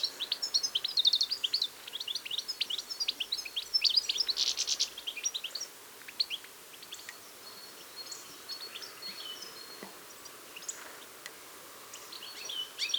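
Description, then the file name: European goldfinch song, a rapid twittering of high tinkling and buzzy notes for about five seconds, then fading to sparse faint chirps. "Carduelis carduelis"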